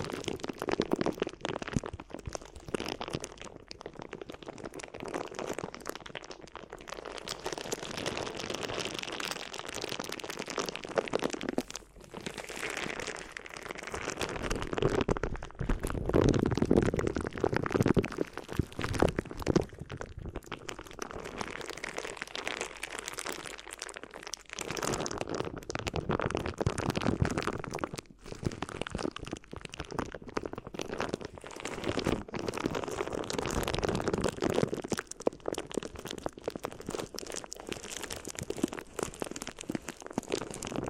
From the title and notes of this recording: ASMR Addictive Crinkly Ear Massage (No Talking).